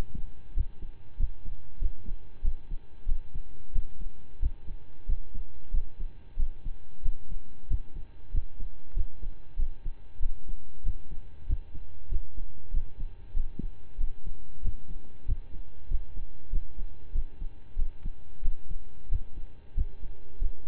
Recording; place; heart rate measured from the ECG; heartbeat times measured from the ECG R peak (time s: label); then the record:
heart sounds by stethoscope; between the tricuspid and mitral areas; 94 bpm
0.53 s: heartbeat
1.16 s: heartbeat
1.78 s: heartbeat
2.41 s: heartbeat
3.05 s: heartbeat
3.72 s: heartbeat
4.39 s: heartbeat
5.05 s: heartbeat
5.70 s: heartbeat
6.36 s: heartbeat
7.02 s: heartbeat
7.67 s: heartbeat
8.31 s: heartbeat
8.93 s: heartbeat
9.56 s: heartbeat
10.19 s: heartbeat
10.82 s: heartbeat
11.46 s: heartbeat
12.08 s: heartbeat
12.70 s: heartbeat
13.33 s: heartbeat
13.97 s: heartbeat
14.61 s: heartbeat
15.25 s: heartbeat
15.88 s: heartbeat
16.49 s: heartbeat
17.12 s: heartbeat
17.75 s: heartbeat
18.41 s: heartbeat
19.08 s: heartbeat
19.74 s: heartbeat
20.38 s: heartbeat
From the record:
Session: slow and fast walking with breaks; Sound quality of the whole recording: saturated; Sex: male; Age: 25 years